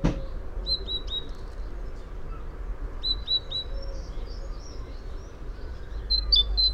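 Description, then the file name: Great tit calls in short separate bursts of paired high notes, with faint thinner notes between over a low rumbling background. "Parus major"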